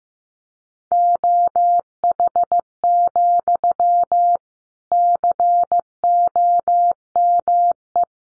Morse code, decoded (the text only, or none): OH, COME